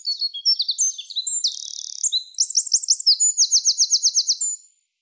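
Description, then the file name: Eurasian wren song, a fast cascade of high piercing notes running into rattling trills, loud throughout and ending abruptly after about four and a half seconds. "Troglodytes troglodytes"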